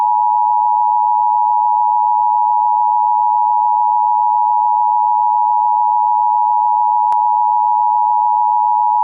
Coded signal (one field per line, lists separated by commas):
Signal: Emergency Alert System (SAME) tones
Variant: 853 and 960 Hz attention tone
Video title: FFW-E EAS Mock